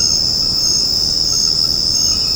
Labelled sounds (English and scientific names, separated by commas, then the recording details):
none
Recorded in secondary vegetation near Puerto Asís, Putumayo, Colombia, on 9 March 2025 at 20:30
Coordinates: 0.481, -76.318
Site G097